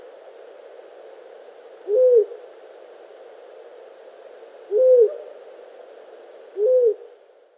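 Long-eared owl calling with three brief, low, arched hoots a few seconds apart, with soft hiss underneath.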